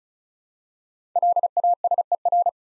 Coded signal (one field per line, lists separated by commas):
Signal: Morse code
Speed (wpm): 36 wpm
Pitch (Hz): 700 Hz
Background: none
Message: LASER